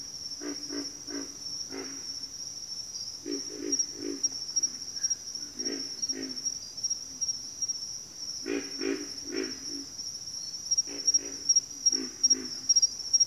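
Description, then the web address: Pig frog giving clusters of two to four rough, low grunts with pauses between groups, a steady high cricket-like trill in the background. Several pig frogs in a bayou. "The Natural Sounds of the Wilderness. Echoes of Nature - Bayou. Pig Frogs"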